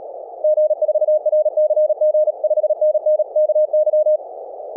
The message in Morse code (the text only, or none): G4RCG 5NN KY